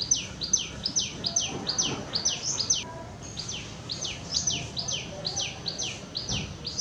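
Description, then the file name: Common tailorbird giving sharp downslurred notes repeated rapidly, with a brief pause midway before the series resumes; low background noise. "Common tailorbird alok"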